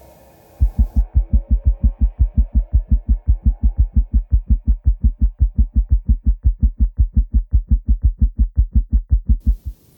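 Atrial flutter sounds from an adult woman's heart through a stethoscope, heard at the base of the heart: a steady train of rapid, low-pitched thumps. The flutter sounds are cut out and made as loud as possible. She has severe mitral regurgitation and atrial flutter. Flutter sounds become audible only with high-grade AV conduction block and a normal heart rate or bradycardia.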